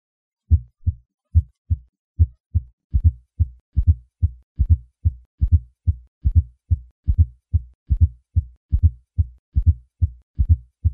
Requires the use of the bell of the stethoscope applied lightly to the cardiac apex with the patient in the left lateral position. Although the fourth heart sound originates in the ventricular wall, it requires a forceful atrial contraction to be audible. Fourth heart sound can be increased in loudness by having the patient perform a few sit-ups. Heart sound is not a sign of heart failure. Rather, it is an indication that ventricular compliance is abnormal.